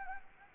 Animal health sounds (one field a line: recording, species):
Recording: mosquito wingbeat signal from an infrared sensor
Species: Anopheles gambiae